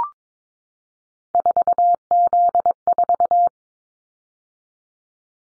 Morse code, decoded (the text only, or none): 4Z4